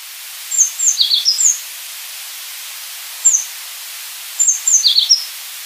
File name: cyanistes teneriffae